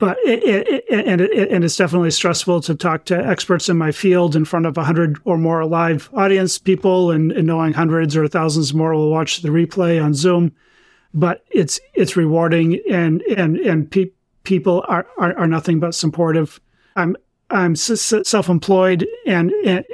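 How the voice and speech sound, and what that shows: Adult man speaking with a stutter he has had since childhood, with varying severity, now at a low point in fluency; he also has ADHD. Part-word repetitions ("pe- people"), repeated "I'm", a prolonged "s" and filled pauses, with the stutter worse when speaking fast.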